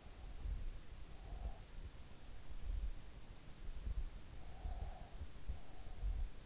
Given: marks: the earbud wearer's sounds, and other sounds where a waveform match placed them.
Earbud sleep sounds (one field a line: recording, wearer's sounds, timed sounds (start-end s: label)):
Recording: sounds in sleep by an in-ear microphone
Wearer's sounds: breath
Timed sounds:
0.96-2.32 s: breath
4.30-6.46 s: breath